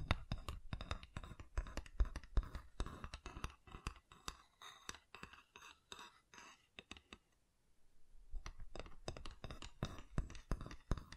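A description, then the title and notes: Wood triggers: rapid taps and scratchy clicks on wood, dense and irregular, with sharp knocks scattered throughout. Around seven to eight seconds the tapping thins to a near-silent pause with soft rubbing, then the quick clattering resumes until the end. ASMR Calming Wood Triggers for Sleep (No Talking).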